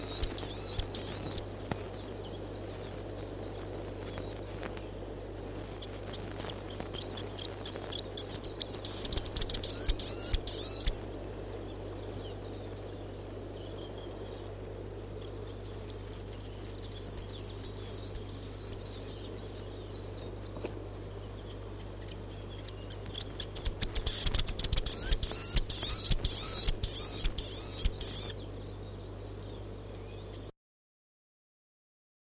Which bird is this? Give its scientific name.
Rhipidura fuliginosa